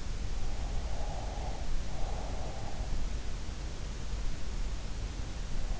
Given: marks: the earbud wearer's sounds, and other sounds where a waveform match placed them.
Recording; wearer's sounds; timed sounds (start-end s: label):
sounds in sleep by an in-ear microphone; breath
0.90-2.77 s: breath